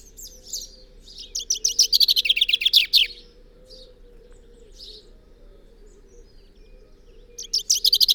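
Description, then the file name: Common chaffinch singing a rapid rattling phrase that drops in pitch, then a quiet gap with faint notes before the next phrase begins. "Fringilla coelebs"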